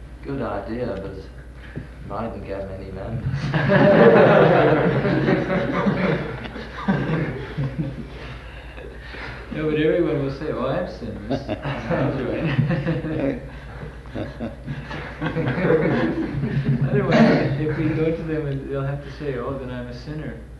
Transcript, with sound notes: Good idea, but mightn't get many members. [laughter]
No, but everyone will say, "Oh, I am sinless," [laughter] "I'll join." Otherwise if we go to them and they'll have to say, "Oh, then I am a sinner."